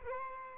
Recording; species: mosquito wingbeat signal from an infrared sensor; Aedes albopictus